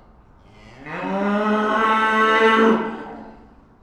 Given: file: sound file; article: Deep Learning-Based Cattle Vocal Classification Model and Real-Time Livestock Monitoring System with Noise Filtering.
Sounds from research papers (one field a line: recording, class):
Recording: cattle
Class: estrus call